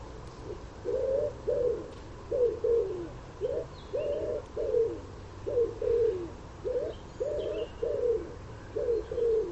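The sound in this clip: Common wood pigeon cooing in repeated multi-note phrases, deep and throaty, while faint higher chirps from other birds sound in the background.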